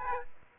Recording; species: mosquito wingbeat signal from an infrared sensor; Aedes aegypti